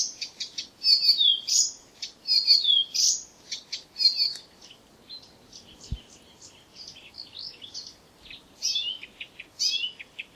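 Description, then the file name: Blyth's reed warbler song, a rambling run of chattering notes and slurred whistles, loud in the first half, then softer and patchier, with a brief low thump midway. "buschrohrsaenger"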